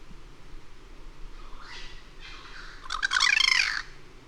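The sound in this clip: Bird call: two soft rasping notes build into one loud, grating squawk with quick pulsing texture, heard against a constant low rumble.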